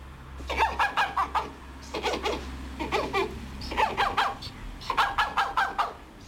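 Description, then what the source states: European badger giving bursts of squeaky, yelping chatter in quick runs, pausing between bouts, somewhat like a small dog's yaps. Played as an example of the badger's many different sounds; likened to a small dog's, a little Yorkshire terrier.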